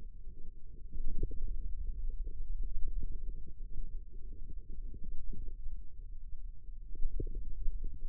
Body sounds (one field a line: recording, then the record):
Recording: forearm muscle sounds (acoustic myography)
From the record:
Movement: ulnar deviation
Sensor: system 2, bracelet of six BSWA MPA416 microphones around the upper forearm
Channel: 6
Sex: male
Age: 22 years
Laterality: right